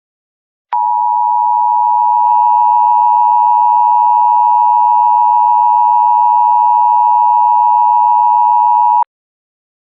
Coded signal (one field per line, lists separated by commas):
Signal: Emergency Alert System (SAME) tones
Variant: 853 and 960 Hz attention tone